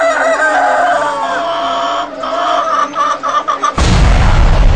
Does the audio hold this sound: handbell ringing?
no